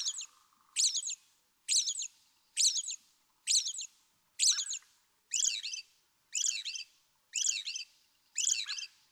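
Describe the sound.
American robin delivering ten brisk phrases in steady cadence, about one every second, shifting midway to a slightly different phrase shape.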